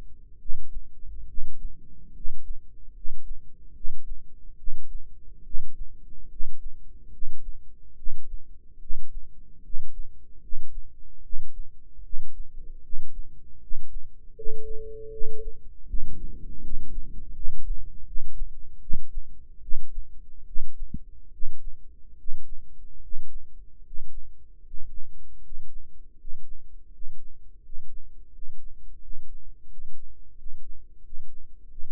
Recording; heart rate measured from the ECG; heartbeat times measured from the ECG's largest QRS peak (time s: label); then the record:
heart sounds by microphone in the right ear; 77 bpm
0.37 s: heartbeat
1.26 s: heartbeat
2.12 s: heartbeat
2.92 s: heartbeat
3.72 s: heartbeat
4.56 s: heartbeat
5.42 s: heartbeat
6.28 s: heartbeat
7.10 s: heartbeat
7.95 s: heartbeat
8.78 s: heartbeat
9.61 s: heartbeat
10.39 s: heartbeat
11.21 s: heartbeat
12.01 s: heartbeat
12.81 s: heartbeat
13.59 s: heartbeat
14.33 s: heartbeat
15.09 s: heartbeat
15.85 s: heartbeat
16.60 s: heartbeat
17.31 s: heartbeat
18.03 s: heartbeat
18.79 s: heartbeat
19.60 s: heartbeat
20.44 s: heartbeat
21.30 s: heartbeat
22.15 s: heartbeat
22.99 s: heartbeat
23.81 s: heartbeat
24.61 s: heartbeat
25.39 s: heartbeat
26.15 s: heartbeat
26.89 s: heartbeat
27.60 s: heartbeat
28.29 s: heartbeat
28.98 s: heartbeat
29.66 s: heartbeat
30.33 s: heartbeat
31.00 s: heartbeat
31.66 s: heartbeat
From the record:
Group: healthy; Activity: rest 0-15 s, Valsalva maneuver 15-32 s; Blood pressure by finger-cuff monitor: 112/66 mmHg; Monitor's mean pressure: 79 mmHg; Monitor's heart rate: 75 bpm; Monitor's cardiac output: 7.3 L/min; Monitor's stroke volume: 97 mL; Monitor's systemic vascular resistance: 790 dyn s/cm5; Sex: male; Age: 35 years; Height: 180 cm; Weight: 86.9 kg